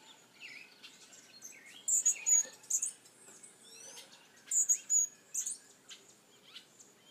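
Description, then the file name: Hummingbird chip calls: high, piercing notes in tight groups separated by pauses, over a busy chorus of lower whistles from other birds. "Colibri"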